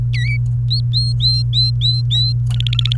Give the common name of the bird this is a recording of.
Domestic Canary